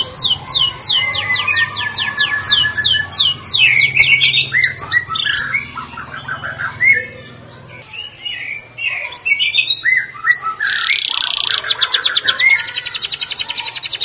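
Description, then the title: Atlantic canary song: a rapid trill of steep downslurred notes, then varied chirps and warbled phrases, a short dip in volume, and a bright buzzy rattle near the end. "Kenari"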